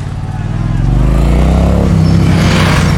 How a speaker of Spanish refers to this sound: Un grupo de motoqueros pasa velozmente. Algunos llevan banderas argentinas.